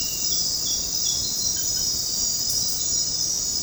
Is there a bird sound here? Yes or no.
no